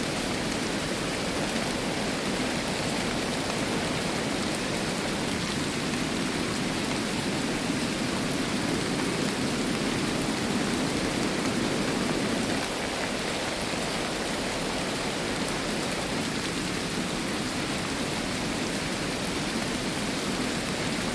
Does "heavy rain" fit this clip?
yes